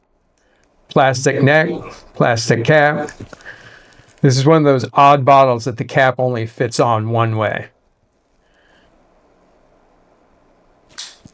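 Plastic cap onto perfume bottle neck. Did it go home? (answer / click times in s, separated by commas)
yes / 11.0 s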